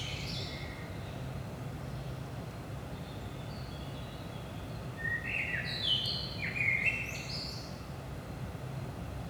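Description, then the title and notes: Common blackbird song, a faint high twitter early, then a fluting phrase with a squeaky flourish, steady low background rumble. Recorded at 5 am in the early morning in Saint-Gilles, Belgium, with DPA 4060 microphones in AB position into a Zoom F3. "Saint-Gilles, Belgique - 5am Blackbird. Blackbird in the morning. Merle au petit matin"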